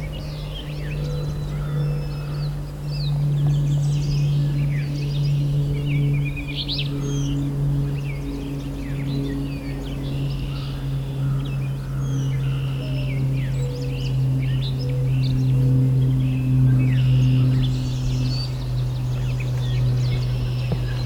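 Birds chirp and call throughout this June scene at Valens Lake, with busier bursts around six to eight seconds and again near sixteen to eighteen. Underneath runs a steady low droning hum, like an engine or motor, its pitch wavering slightly.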